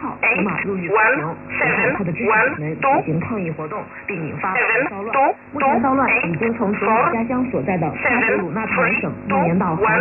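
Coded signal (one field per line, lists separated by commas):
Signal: numbers station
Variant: E11 Oblique, English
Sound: a voice speaking steadily over a narrow, tinny single-sideband radio channel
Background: radio static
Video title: 14 07 2021 Number station E11 Oblique in English to Eu 0646 on 15800 unknown tx site in USB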